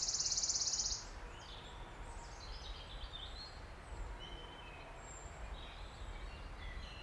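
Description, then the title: Wood warbler song, a rapid high shivering trill for about a second at the start, then a background chorus of scattered thin notes from other birds. Male singing from the canopy of an ancient oak wood in a steep-sided wooded valley, South Wales, in May after rain had stopped. "Sound Escape 16: listen to the cascade of wood warbler song in an ancient oak wood"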